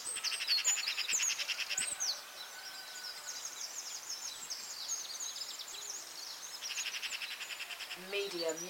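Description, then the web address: Dawn chorus of birds: a loud rapid rattle opens, high twittering runs on, a second rattling burst comes near seven seconds, and a low harsh call closes. Dawn chorus recorded at dawn in Anglesey, Wales. "beanstalk-audio Dawn chorus in Anglesey Wales"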